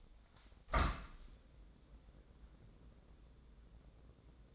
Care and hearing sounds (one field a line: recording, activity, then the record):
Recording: daily activity, microphone in the room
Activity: open window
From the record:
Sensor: 3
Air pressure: 1012.3 hPa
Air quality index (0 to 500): 125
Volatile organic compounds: 1 ppm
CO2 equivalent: 972 ppm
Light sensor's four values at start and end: 182/437/179/165 and 181/433/177/165